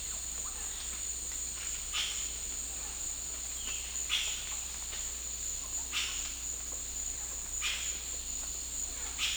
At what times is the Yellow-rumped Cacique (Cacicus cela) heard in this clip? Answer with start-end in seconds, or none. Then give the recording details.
3.65-3.82, 4.07-4.48, 5.91-6.18, 7.57-7.95. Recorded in dense forest near Puerto Asís, Putumayo, Colombia, on 21 December 2024 at 13:00. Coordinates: 0.486, -76.317. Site G003